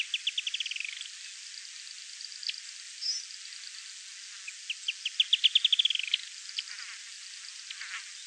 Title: LuckyPassaro Completos2Sama. Firewood-gatherer (Anumbius annumbi)